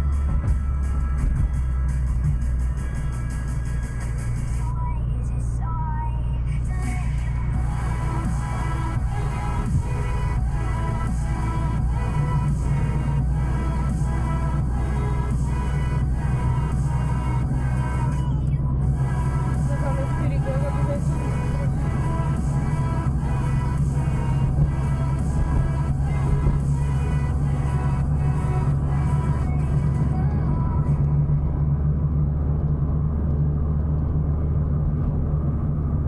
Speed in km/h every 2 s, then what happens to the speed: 54, 49, 49, 50, 51, 53, 55, 57, 58, 59, 60, 60, 62, 64, 64, 66, 67, 68.
0-5 steady at about 49. 5-31 speeds up to 67.